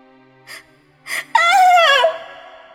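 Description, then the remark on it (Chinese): A woman screams in terror: two quick, sharp breaths, then one loud, high-pitched cry that wavers in pitch for under a second before breaking off. No talking. “身后骤然传来柔柔的尖叫声，她仿佛是看见了什么恐怖的事，叫得停不下来。”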